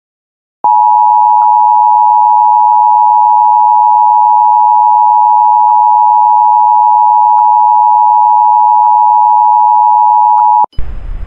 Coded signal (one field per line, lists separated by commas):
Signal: Emergency Alert System (SAME) tones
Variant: 853 and 960 Hz attention tone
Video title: Simulacion EAS - alerta de tornado para Jackson y Eaton en Michigan